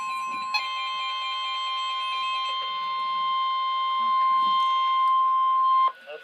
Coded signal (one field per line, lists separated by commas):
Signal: Emergency Alert System (SAME) tones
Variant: 1050 Hz attention tone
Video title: Severe Thunderstorm Warning (EAS #108)